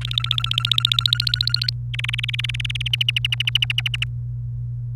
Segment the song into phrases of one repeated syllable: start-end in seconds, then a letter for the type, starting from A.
0.01-1.70 A, 1.94-2.88 B, 2.93-4.04 C